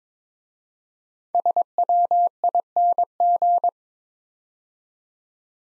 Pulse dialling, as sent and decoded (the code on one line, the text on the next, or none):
none